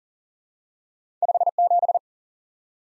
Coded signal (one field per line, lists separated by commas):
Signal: Morse code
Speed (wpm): 40 wpm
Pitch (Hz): 700 Hz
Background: none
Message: 57